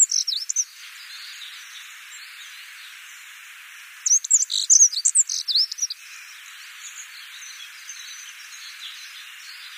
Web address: Schulze Peter Black-throated Accentor song